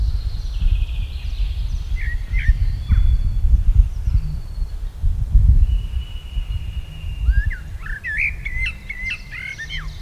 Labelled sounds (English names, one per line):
Common Blackbird song